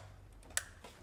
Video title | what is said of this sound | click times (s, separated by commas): VW Golf MK 7 cambelt change | clips on top. You hear that? | 0.6 s